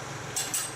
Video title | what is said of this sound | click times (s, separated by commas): Gravel Driveway Repair After Heavy Rain with A Box Blade & Landscape Rake (#131) | well more like two clicks | 0.5 s